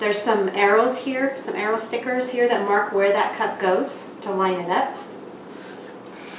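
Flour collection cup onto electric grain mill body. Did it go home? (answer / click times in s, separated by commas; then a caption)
no / none. Someone talks while handling the plastic flour collection cup of a Wondermill electric grain mill, pointing out the arrow stickers that mark where the cup lines up on the mill body. The talk stops near 5 s, leaving quiet background with a faint short sound at 6.1 s. The cup has not yet been slid on or snapped into place, and nothing has seated or clicked.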